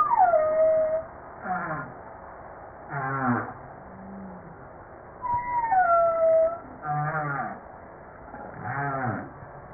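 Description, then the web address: Humpback whale song: high descending whistled cries alternating with pulsed, wavering groans and low moans, repeating in a loose pattern. Recorded 5 March 1994. "PMahe Voile'Ocean. 940305-1022 HUMPBACK"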